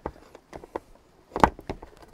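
A small plastic bracket is slid back into the rear bench mounting of a vehicle while the rear bench is refitted. A series of light plastic taps and knocks comes first, then the loudest, sharp click at 1.4 s as the bracket seats in position.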